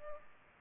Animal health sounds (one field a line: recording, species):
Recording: mosquito wingbeat signal from an infrared sensor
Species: Culex pipiens